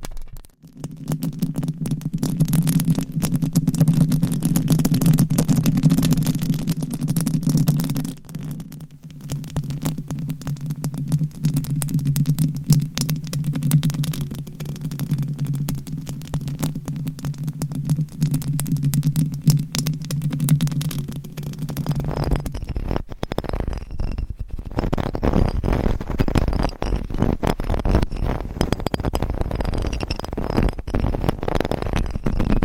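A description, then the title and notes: Mic scratching makes a dense, steady crackle with a low hum until about 22 seconds, then turns rougher, thinner and more irregular. ASMR Mic Scratching - Brain Scratching with 10 Mics for 100% SLEEP No Talking with Long Nails.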